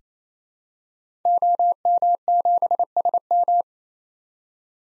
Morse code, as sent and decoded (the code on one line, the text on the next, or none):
--- -- --... ... --
OM7SM